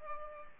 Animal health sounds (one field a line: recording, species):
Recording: mosquito wingbeat signal from an infrared sensor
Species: Culex pipiens